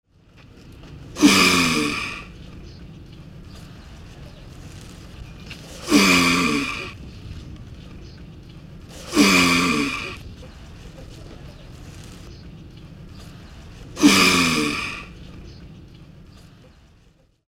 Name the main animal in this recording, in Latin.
Chelonoidis nigra